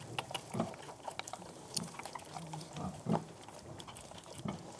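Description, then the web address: Pig: piglets suckling, with soft low grunts and short snuffling bursts at irregular moments. "BBC Sound Effects Library. Piglets Suckling"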